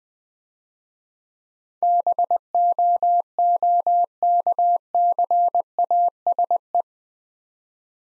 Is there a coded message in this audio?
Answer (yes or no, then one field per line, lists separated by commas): yes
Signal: Morse code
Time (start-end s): 1.8-6.8 s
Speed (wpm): 23 wpm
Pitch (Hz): 700 Hz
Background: none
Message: BOOKCASE